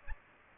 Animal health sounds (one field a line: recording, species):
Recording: mosquito wingbeat signal from an infrared sensor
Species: Aedes aegypti